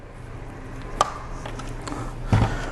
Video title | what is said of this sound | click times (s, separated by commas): Troubleshooting Cuddle Cot: Assembly and Breakdown of the Cuddle Cot Device | just push it in and listen for the click | 1.0 s